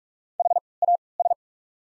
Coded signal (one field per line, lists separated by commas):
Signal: Morse code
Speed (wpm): 46 wpm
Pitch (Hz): 700 Hz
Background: none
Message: HAS